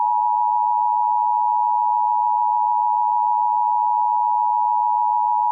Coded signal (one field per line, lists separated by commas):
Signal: Emergency Alert System (SAME) tones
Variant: 853 and 960 Hz attention tone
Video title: Extreme Cold Warning EAS